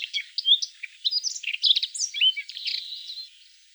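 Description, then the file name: Siberian rubythroat delivering a continuous rush of varied, high chirps, whistles and trills that fades slightly toward the end. "solovey krasnosheyka golos"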